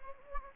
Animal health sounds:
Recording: mosquito wingbeat signal from an infrared sensor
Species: Anopheles gambiae

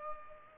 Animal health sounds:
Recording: mosquito wingbeat signal from an infrared sensor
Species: Culex pipiens

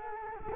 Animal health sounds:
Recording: mosquito wingbeat signal from an infrared sensor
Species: Culex quinquefasciatus

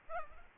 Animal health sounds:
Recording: mosquito wingbeat signal from an infrared sensor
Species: Aedes albopictus

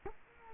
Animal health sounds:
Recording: mosquito wingbeat signal from an infrared sensor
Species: Culex quinquefasciatus

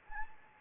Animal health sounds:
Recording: mosquito wingbeat signal from an infrared sensor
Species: Anopheles arabiensis

